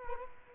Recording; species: mosquito wingbeat signal from an infrared sensor; Culex quinquefasciatus